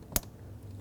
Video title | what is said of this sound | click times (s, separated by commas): How to Replace Front Variable Valve Timing Solenoid 2001-2007 Toyota Highlander | slide it on, and make sure it clicks. That way it locks in place. | 0.2 s